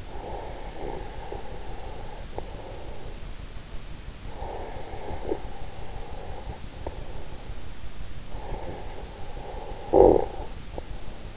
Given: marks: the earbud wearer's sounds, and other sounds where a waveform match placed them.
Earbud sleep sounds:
sounds in sleep by an in-ear microphone; breath, snoring breath
0.00-7.72 s: breath
8.23-11.37 s: snoring breath

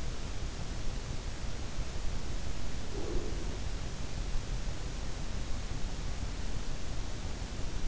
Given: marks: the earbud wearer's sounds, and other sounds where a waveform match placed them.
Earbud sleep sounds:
sounds in sleep by an in-ear microphone; breath
2.81-3.81 s: breath

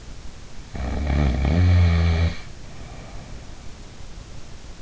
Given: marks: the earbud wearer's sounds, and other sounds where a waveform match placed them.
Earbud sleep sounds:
sounds in sleep by an in-ear microphone; snoring breath
0.74-3.73 s: snoring breath

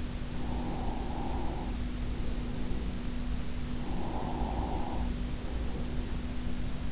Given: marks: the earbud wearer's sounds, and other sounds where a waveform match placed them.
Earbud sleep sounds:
sounds in sleep by an in-ear microphone; breath
0.22-2.79 s: breath
3.55-6.22 s: breath

